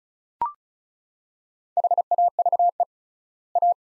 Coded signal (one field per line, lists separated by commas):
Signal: Morse code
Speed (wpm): 36 wpm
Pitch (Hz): 700 Hz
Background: none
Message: HAVE A